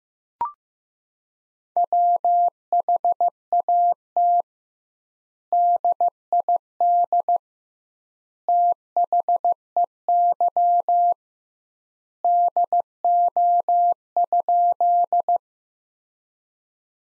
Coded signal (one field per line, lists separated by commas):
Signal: Morse code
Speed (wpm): 15 wpm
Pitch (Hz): 700 Hz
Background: none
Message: WHAT DID THEY DO?